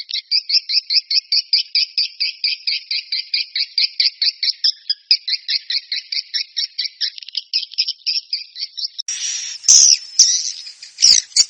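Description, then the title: Swiftlet calls: a regular train of high, twittering chirps, roughly two per second, then loud hissy squeals at the end. "Suara Burung Wallet"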